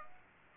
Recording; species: mosquito wingbeat signal from an infrared sensor; Aedes aegypti